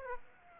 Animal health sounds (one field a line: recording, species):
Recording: mosquito wingbeat signal from an infrared sensor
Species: Aedes aegypti